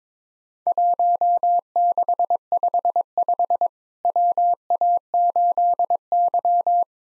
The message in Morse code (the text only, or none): 1655 WA8Y